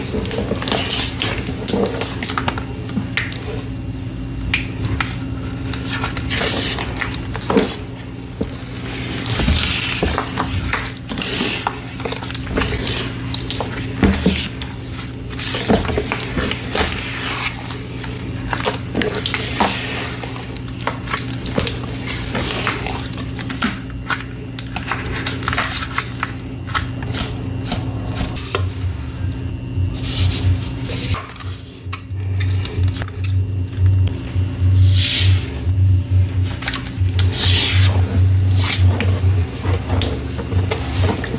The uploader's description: crushing black gym chalk blocks and reforms, plus the full reforming process, including paste mixing